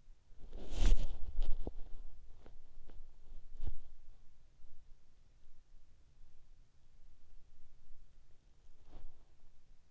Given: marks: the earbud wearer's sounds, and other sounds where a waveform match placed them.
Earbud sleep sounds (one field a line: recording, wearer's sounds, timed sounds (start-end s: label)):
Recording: sounds in sleep by an in-ear microphone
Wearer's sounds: body movement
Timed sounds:
0.00-4.33 s: body movement